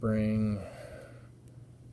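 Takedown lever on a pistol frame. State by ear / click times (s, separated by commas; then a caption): not seated / none. Someone talks briefly while handling a steel takedown lever on a pistol frame during disassembly, with the slide pulled back slightly, followed by low, quiet handling noise and a faint, brief tick near 1.5 s. The lever has not yet locked into place; nothing has seated or clicked yet.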